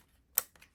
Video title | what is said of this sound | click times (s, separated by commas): Nyxi Hyperion pro controller Nintendo Switch | Click. That one's paired. | 0.4 s